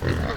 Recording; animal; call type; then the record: contact call of a hoofed animal; wild boar; grunt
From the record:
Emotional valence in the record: negative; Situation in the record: naturally occurring agonistic interactions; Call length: 0.37 s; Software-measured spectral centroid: 2000 Hz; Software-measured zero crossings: 1420 a second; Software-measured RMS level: -24 dBFS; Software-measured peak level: -11 dBFS